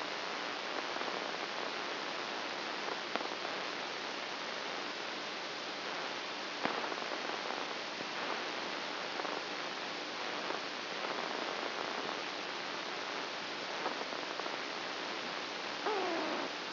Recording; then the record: brain microelectrode recording played as sound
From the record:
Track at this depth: inside the subthalamic nucleus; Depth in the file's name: 3.004 mm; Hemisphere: right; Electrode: 2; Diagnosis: Parkinson's disease